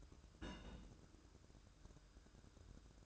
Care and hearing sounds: daily activity, microphone in the room; place on stove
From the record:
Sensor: 2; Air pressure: 1008.0 hPa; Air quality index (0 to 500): 105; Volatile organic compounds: 1 ppm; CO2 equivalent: 788 ppm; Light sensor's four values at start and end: 7/16/6/6 and 7/16/6/6

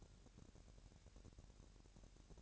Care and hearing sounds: daily activity, microphone in the room; take from stove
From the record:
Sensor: 2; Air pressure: 1011.9 hPa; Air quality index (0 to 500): 201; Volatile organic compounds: 3 ppm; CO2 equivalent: 1420 ppm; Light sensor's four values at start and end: 63/151/62/60 and 63/151/62/60

